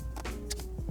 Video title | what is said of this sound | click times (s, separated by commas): Mini Cooper Footwell Module (FRM3) Problems/Issues With Windows, Turn Signal Lights Codes 9CBB 9CBC | pull that arm all the way down and simultaneously that plug will come out you'll hear a click | 0.5 s